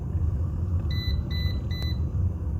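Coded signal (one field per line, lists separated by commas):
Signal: none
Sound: a kettle's done beeps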